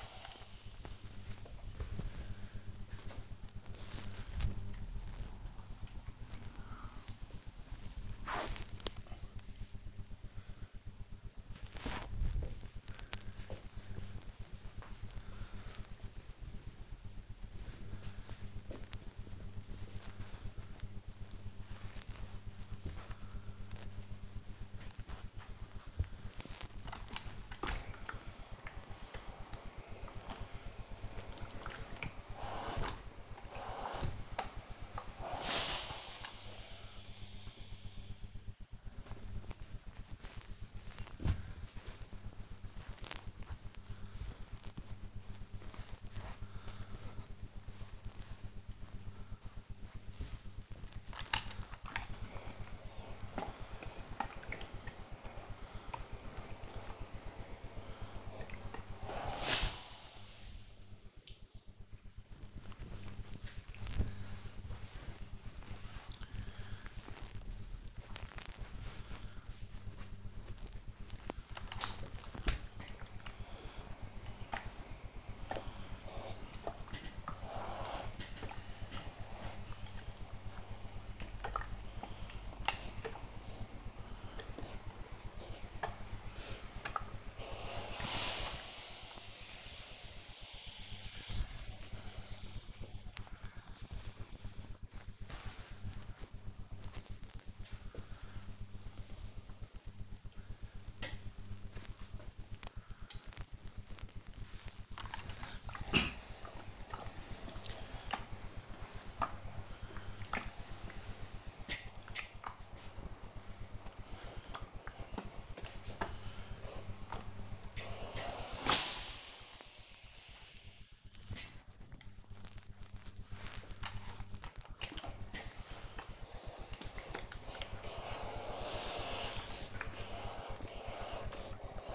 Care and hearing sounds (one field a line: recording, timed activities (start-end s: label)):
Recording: household activities, microphone on the right wrist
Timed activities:
0.00-2.65 s: ironing laundry
26.81-131.95 s: ironing laundry